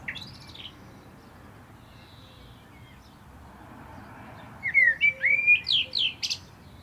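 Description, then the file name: Common blackbird with a brief opening note, then after a long pause a mellow whistled phrase finishing in squeaky high twitters. "Turdus merula"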